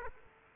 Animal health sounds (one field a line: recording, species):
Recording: mosquito wingbeat signal from an infrared sensor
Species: Aedes aegypti